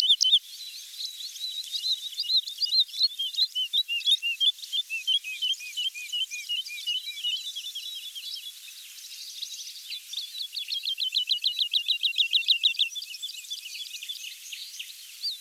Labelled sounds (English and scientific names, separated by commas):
Wood Lark (Lullula arborea) song